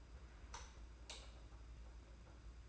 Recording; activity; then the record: daily activity, microphone in the room; light on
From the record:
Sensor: 2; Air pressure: 991.8 hPa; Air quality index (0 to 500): 226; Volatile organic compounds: 1000 ppm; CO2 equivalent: 7561 ppm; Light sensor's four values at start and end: 11/27/11/10 and 11/27/11/11